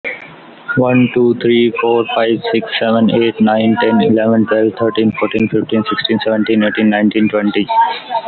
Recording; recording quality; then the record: counting at a normal pace; moderate, slight background noise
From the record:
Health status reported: healthy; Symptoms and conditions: none ticked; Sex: male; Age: 20 years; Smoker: not ticked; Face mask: not worn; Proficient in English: yes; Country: India